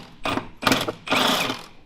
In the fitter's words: I think it stripped do it spin